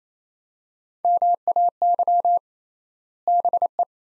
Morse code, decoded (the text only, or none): MAY BE